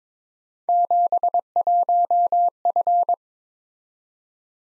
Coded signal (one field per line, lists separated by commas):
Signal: Morse code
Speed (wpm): 26 wpm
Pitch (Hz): 700 Hz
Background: none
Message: 71F